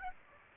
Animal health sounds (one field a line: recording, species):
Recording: mosquito wingbeat signal from an infrared sensor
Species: Aedes aegypti